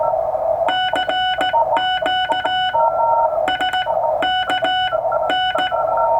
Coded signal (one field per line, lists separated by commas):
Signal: Morse code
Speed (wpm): 16 wpm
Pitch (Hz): 2950 Hz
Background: none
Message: CQ SKN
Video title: Straight Key Night 2018 -- Morse Code QSO